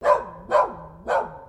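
Dog barking: three loud, rough barks about half a second apart.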